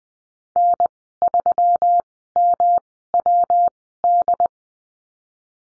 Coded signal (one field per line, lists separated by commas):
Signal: Morse code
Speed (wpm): 20 wpm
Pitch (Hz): 700 Hz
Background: none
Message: N3MWD